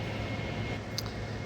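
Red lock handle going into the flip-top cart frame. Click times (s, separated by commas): 1.0 s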